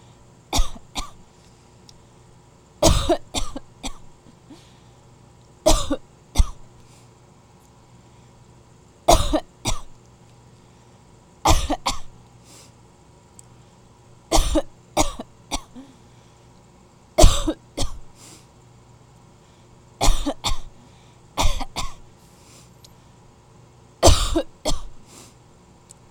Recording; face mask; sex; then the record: voluntary coughing; none; female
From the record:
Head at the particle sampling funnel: facing it